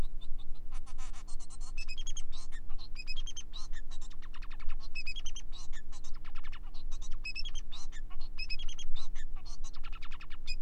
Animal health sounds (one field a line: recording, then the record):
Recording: song of a male Bengalese finch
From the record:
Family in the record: son of father 4